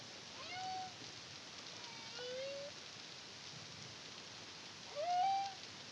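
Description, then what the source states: Humpback whale song units: three tonal upsweeps rising then leveling, with faint harmonics above, spaced a few seconds apart over a steady hiss. Caribbean, CARIMAM project, 2023.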